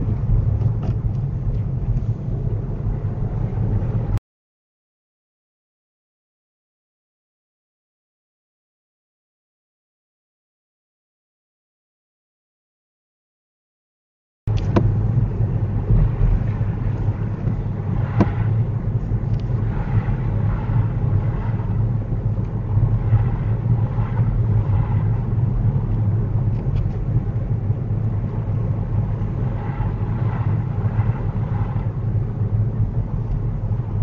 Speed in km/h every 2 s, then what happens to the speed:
24, 31, 31, 29, 27, 26, 26, 27, 27, 27, 27, 27, 27, 27, 27, 27, 26.
0-2 speeds up to 31. 2-34 steady at about 27.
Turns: none.